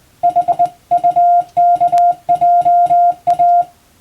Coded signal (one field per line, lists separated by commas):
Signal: Morse code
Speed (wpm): 22 wpm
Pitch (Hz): 700 Hz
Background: none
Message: HUKJA